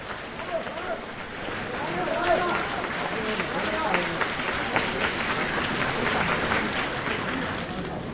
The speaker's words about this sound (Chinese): 谢谢大家掌声。 对， 掌声对演员是鼓励，而且大家都认为相声演员脑子好。